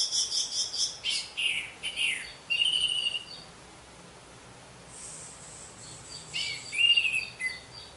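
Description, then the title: Orange-headed thrush song: varied, rapid high phrases of sweet notes and slurred whistles, a short pause, then another busy burst ending in a clear whistle. "Anis Merah"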